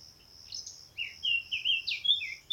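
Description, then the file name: Eurasian blackcap giving a run of short, varied warbled notes that jump between pitches. "Sylvia atricapilla"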